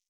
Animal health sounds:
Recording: hydrophone in a shrimp aquaculture tank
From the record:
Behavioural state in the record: stressed

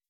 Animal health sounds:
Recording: hydrophone in a shrimp aquaculture tank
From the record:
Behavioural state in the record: weakened

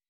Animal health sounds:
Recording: hydrophone in a shrimp aquaculture tank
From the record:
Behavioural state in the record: weakened

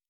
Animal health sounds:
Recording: hydrophone in a shrimp aquaculture tank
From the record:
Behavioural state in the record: normal

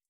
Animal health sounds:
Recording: hydrophone in a shrimp aquaculture tank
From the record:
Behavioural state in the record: starved

